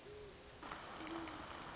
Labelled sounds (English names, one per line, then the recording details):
Great Horned Owl
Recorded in Sonoma County, California